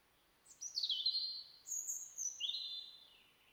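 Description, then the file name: European robin song, a series of high thin whistles sliding downward in pitch, three drawn-out phrases in quick succession. "Erithacus rubecula"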